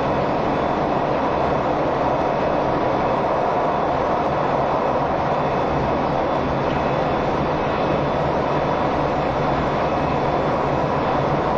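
A train runs steadily for the whole stretch, a dense, unbroken rumble with a thick low roar and a grainy rattling texture on top. The level stays even throughout, with no separate events, only a faint high hiss riding above the rolling noise.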